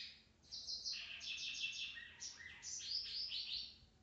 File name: Motacilla maderaspatensis